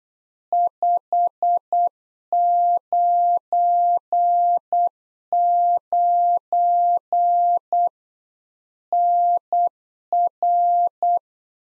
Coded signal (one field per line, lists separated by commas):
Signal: Morse code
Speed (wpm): 8 wpm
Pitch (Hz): 700 Hz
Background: none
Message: 599 NR